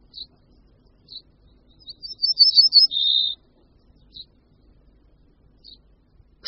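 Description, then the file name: Ortolan bunting song: one phrase of rapid high notes sliding into a lower, steady closing note. Scattered brief soft notes are heard before and after. Song of only 3–4 softer, slower notes, final note clearly falling, sounding melancholy; very rare in the Czech Republic; migratory, arriving April–May, leaving for sub-Saharan Africa late August–September. "Strnad-zahradní"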